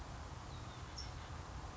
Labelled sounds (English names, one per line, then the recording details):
California Towhee
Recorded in Sonoma County, California